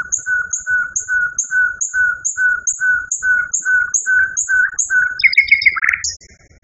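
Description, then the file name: Nightingale song, a long run of evenly spaced, identical bright notes, ending in a rasping buzzy phrase and a high thin note. Song variation. "kicauan-nightingale-b-variasi 5-omkicau"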